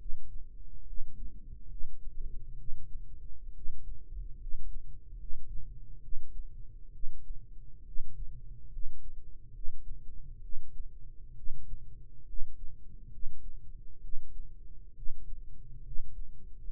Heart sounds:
heart sounds by microphone in the right ear; 68 bpm
0.81 s: heartbeat
1.65 s: heartbeat
2.53 s: heartbeat
3.50 s: heartbeat
4.34 s: heartbeat
5.14 s: heartbeat
5.97 s: heartbeat
6.89 s: heartbeat
7.81 s: heartbeat
8.67 s: heartbeat
9.49 s: heartbeat
10.38 s: heartbeat
11.32 s: heartbeat
12.22 s: heartbeat
13.07 s: heartbeat
13.98 s: heartbeat
14.91 s: heartbeat
15.80 s: heartbeat
16.58 s: heartbeat
From the record:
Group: healthy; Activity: rest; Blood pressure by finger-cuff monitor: 102/65 mmHg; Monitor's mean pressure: 75 mmHg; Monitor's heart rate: 68 bpm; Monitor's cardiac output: 7.3 L/min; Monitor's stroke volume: 107 mL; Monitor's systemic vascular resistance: 760 dyn s/cm5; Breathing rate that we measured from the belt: 15 breaths a minute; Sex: male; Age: 22 years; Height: 185 cm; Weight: 112.4 kg

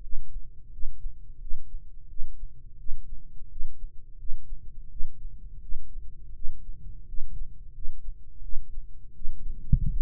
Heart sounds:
heart sounds by microphone in the right ear; 85 bpm
0.00 s: heartbeat
0.70 s: heartbeat
1.39 s: heartbeat
2.07 s: heartbeat
2.77 s: heartbeat
3.48 s: heartbeat
4.16 s: heartbeat
4.88 s: heartbeat
5.60 s: heartbeat
6.33 s: heartbeat
7.05 s: heartbeat
7.72 s: heartbeat
8.40 s: heartbeat
9.13 s: heartbeat
9.88 s: heartbeat
From the record:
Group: healthy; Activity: rest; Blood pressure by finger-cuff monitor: 142/81 mmHg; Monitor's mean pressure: 102 mmHg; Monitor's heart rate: 85 bpm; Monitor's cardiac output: 7.5 L/min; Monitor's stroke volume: 88 mL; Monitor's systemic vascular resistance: 1000 dyn s/cm5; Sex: male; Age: 21 years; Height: 180 cm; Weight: 67.5 kg

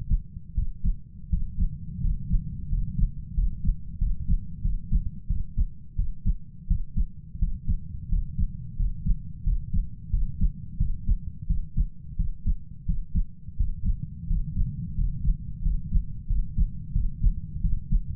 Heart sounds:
heart sounds by stethoscope; 88 bpm
0.54 s: heartbeat
1.29 s: heartbeat
2.01 s: heartbeat
2.69 s: heartbeat
3.34 s: heartbeat
3.98 s: heartbeat
4.62 s: heartbeat
5.27 s: heartbeat
5.96 s: heartbeat
6.67 s: heartbeat
7.39 s: heartbeat
8.09 s: heartbeat
8.76 s: heartbeat
9.44 s: heartbeat
10.10 s: heartbeat
10.78 s: heartbeat
11.47 s: heartbeat
12.16 s: heartbeat
12.86 s: heartbeat
13.57 s: heartbeat
14.27 s: heartbeat
14.95 s: heartbeat
15.62 s: heartbeat
16.27 s: heartbeat
16.93 s: heartbeat
17.61 s: heartbeat
From the record:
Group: healthy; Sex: male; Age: 33 years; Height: 179 cm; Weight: 80.4 kg

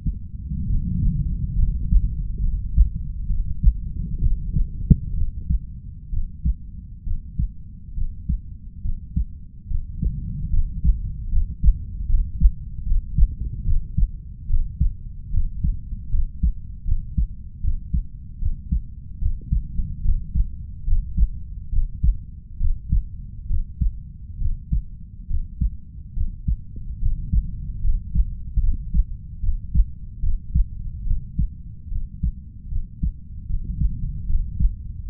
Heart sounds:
heart sounds by stethoscope; 72 bpm
0.67 s: heartbeat
1.55 s: heartbeat
2.40 s: heartbeat
3.27 s: heartbeat
4.19 s: heartbeat
5.14 s: heartbeat
6.10 s: heartbeat
7.04 s: heartbeat
7.94 s: heartbeat
8.82 s: heartbeat
9.67 s: heartbeat
10.50 s: heartbeat
11.29 s: heartbeat
12.06 s: heartbeat
12.83 s: heartbeat
13.63 s: heartbeat
14.46 s: heartbeat
15.30 s: heartbeat
16.09 s: heartbeat
16.84 s: heartbeat
17.61 s: heartbeat
18.39 s: heartbeat
19.18 s: heartbeat
20.02 s: heartbeat
20.84 s: heartbeat
21.69 s: heartbeat
22.57 s: heartbeat
23.47 s: heartbeat
24.38 s: heartbeat
25.27 s: heartbeat
26.13 s: heartbeat
26.98 s: heartbeat
27.81 s: heartbeat
28.60 s: heartbeat
29.40 s: heartbeat
30.20 s: heartbeat
31.03 s: heartbeat
31.88 s: heartbeat
32.68 s: heartbeat
33.46 s: heartbeat
34.26 s: heartbeat
35.06 s: heartbeat
From the record:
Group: healthy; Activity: rest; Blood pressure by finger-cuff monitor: 127/65 mmHg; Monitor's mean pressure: 81 mmHg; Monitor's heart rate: 73 bpm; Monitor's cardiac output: 6 L/min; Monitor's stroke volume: 83 mL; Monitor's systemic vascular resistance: 980 dyn s/cm5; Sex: female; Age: 32 years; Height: 168 cm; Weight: 61.9 kg

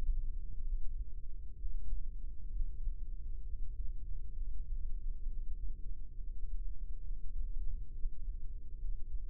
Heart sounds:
heart sounds by microphone in the left ear; 66 bpm
0.64 s: heartbeat
1.57 s: heartbeat
2.51 s: heartbeat
3.44 s: heartbeat
4.36 s: heartbeat
5.28 s: heartbeat
6.18 s: heartbeat
7.06 s: heartbeat
7.94 s: heartbeat
8.79 s: heartbeat
From the record:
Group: healthy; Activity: Valsalva maneuver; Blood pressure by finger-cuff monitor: 113/54 mmHg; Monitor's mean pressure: 72 mmHg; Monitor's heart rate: 66 bpm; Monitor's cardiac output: 7 L/min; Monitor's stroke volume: 106 mL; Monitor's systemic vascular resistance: 750 dyn s/cm5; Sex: female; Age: 22 years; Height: 160 cm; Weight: 63 kg

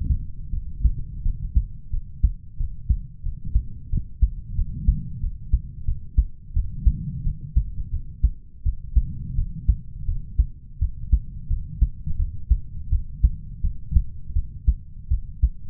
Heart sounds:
heart sounds by stethoscope; 86 bpm
0.50 s: heartbeat
1.22 s: heartbeat
1.90 s: heartbeat
2.56 s: heartbeat
3.22 s: heartbeat
3.89 s: heartbeat
4.55 s: heartbeat
5.20 s: heartbeat
5.84 s: heartbeat
6.53 s: heartbeat
7.22 s: heartbeat
7.90 s: heartbeat
8.62 s: heartbeat
9.34 s: heartbeat
10.05 s: heartbeat
10.78 s: heartbeat
11.47 s: heartbeat
12.16 s: heartbeat
12.89 s: heartbeat
13.61 s: heartbeat
14.33 s: heartbeat
15.08 s: heartbeat
From the record:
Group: healthy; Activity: rest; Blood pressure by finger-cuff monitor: 90/65 mmHg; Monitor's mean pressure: 73 mmHg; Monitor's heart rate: 86 bpm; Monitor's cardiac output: 6.2 L/min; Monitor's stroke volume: 73 mL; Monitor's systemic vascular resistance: 840 dyn s/cm5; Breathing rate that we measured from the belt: 27 breaths a minute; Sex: male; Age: 20 years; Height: 187 cm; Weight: 68.9 kg

